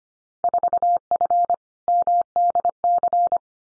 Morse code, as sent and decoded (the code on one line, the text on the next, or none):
....- ..-. / -- -.. -.-.
4F MDC